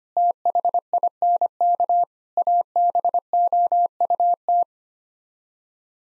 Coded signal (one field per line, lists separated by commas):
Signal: Morse code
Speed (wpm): 25 wpm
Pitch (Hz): 700 Hz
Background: none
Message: THINK ABOUT